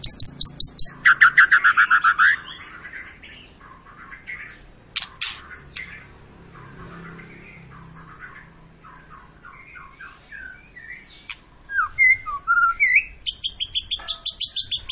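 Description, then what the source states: White-rumped shama song: a loud rapid trill at the start, a long soft stretch of quiet warbling, then loud repeated whistled notes again. Long lure song (pancingan) of an actively singing (gacor) white-rumped shama, intended to prompt other birds to sing.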